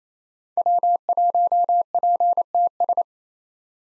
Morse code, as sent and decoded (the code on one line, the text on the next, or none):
.-- .---- .--. - ...
W1PTS